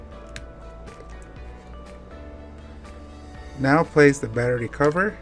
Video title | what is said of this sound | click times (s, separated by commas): How to register a DuraFon Roam Handset and Unboxing | simply release and press down until you hear the latch | 0.4 s